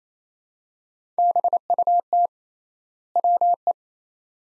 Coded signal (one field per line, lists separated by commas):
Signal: Morse code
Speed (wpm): 28 wpm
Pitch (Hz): 700 Hz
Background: none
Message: BUT WE